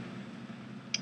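The spindle of a micrometer screw gauge is closed onto the anvil, and the ratchet thimble is turned once until it slips. Over a steady low hum, a single sharp, bright ratchet click sounds at 0.9 s. The click means the contact pressure is correct and not excessive.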